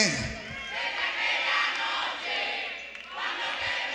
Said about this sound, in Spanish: Aplausos que se valen.